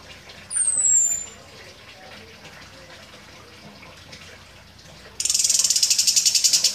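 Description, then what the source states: Orange-headed thrush song: a single high, thin downslurred whistle, a long quiet gap, then a fast buzzy pulsed rattle. Described as gacor, meaning singing actively.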